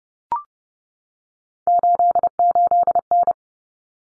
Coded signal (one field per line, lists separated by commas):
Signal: Morse code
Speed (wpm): 29 wpm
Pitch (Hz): 700 Hz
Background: none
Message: 88N